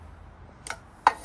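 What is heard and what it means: A torque wrench tightens the last bolt while replacing couplings on a 2016 Segway X2, and the wrench is reset to 24 lb. After a faint tick at 0.7 s, a sharp metallic click at 1.1 s shows the wrench has clicked at 24 lb, followed by a second tick at 1.2 s.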